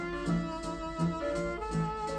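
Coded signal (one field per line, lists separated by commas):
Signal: none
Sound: music notes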